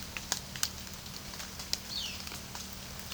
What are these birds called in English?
Violaceous Jay